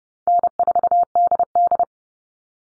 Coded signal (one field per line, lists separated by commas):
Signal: Morse code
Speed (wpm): 30 wpm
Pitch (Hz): 700 Hz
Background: none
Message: N4DD